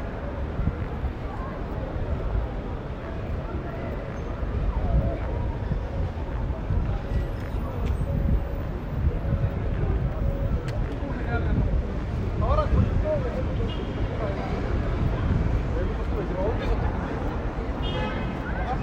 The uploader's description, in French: Son original des rue de Pigalle